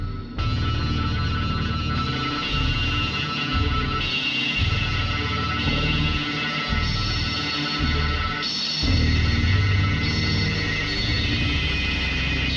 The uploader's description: the sounds of traffic, riding public transportation, crickets, as well as computer-based guitars, synthesizers, and pipe organs